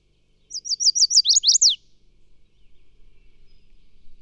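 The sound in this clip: Bird song: a quick high trill of five downslurred notes, then three lower sweeping notes, all within about a second, followed by quiet.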